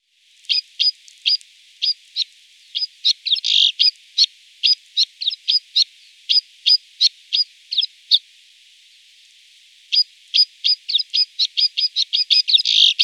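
Snowfinch calls, high sharp chirps repeated a few times a second in loose runs, with a brief gap before the chirping speeds up again.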